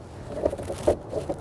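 A CIPA custom clip-on towing mirror is positioned and lined up over the factory side mirror housing of a 2018 Chevrolet Silverado 1500 before being pushed down. Soft plastic knocks and scrapes are heard near 0.5, 0.9 and 1.3 seconds as it is handled. Nothing has snapped or seated yet.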